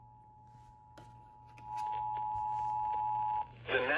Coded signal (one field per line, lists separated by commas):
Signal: Emergency Alert System (SAME) tones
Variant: 853 and 960 Hz attention tone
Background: speech